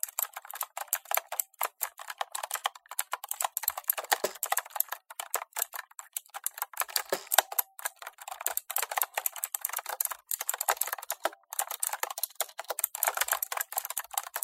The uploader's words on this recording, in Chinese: 打鍵盤的喀拉喀拉聲｜Typing Keyboard。